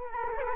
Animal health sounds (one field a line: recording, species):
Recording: mosquito wingbeat signal from an infrared sensor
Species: Culex quinquefasciatus